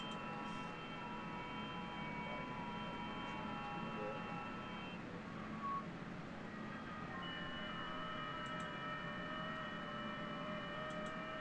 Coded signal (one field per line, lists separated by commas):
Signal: FT8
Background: speech